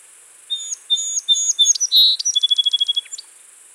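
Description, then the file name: Song sparrow song: several clear whistled introductory notes, a loud buzzy note, then a fast even trill of repeated chips ending in a lower slurred note. "Melospiza melodia - Song Sparrow"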